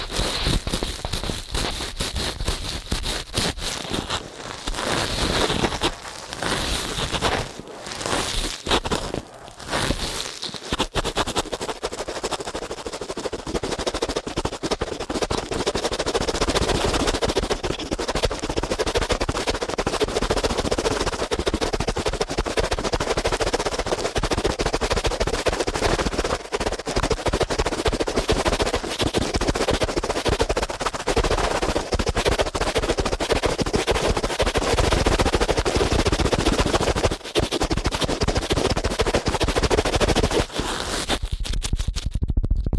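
Ear cleaning sounds fill the clip with dense, scratchy crackling that scrapes on without a break. The first ten seconds are choppier, with short gaps and sharp pops. After that the rustling grows steadier and fuller, with a low rumble underneath and quick bursts throughout.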